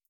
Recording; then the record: hydrophone in a shrimp aquaculture tank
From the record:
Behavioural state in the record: starved